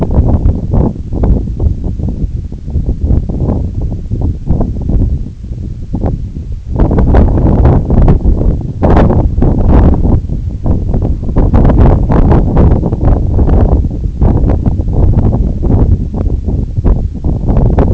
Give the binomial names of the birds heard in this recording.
none